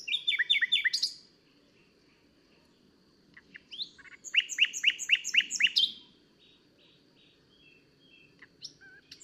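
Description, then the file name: Common nightingale song: loud phrases of rapid repeated downslurred notes, a fast series of about six, with pauses and quieter whistles between, over a steady low background hum. "Luscinia megarhynchos"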